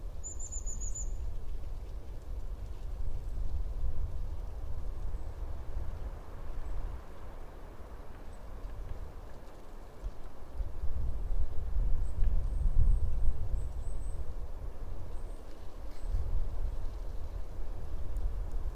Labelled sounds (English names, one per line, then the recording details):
European Crested Tit call
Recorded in the wild
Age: adult
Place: Bernau bei Berlin, Barnim, Brandenburg, DE
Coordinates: 52.6942, 13.5214
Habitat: mixed forest
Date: 2012-02-26 14:42
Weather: 8°C, clear, moderate winds from N
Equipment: Sound Devices 702, Sennheiser MKH 415 T, Rhode Windschutz
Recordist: Frommolt, Karl-Heinz